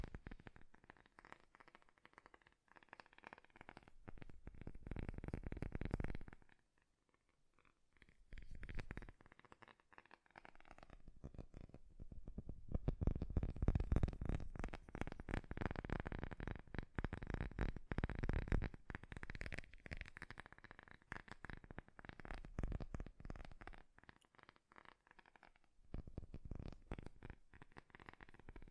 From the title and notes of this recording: ASMR 3D Fast Tapping.